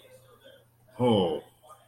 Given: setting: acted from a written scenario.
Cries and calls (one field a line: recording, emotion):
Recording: vocal sound without words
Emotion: awe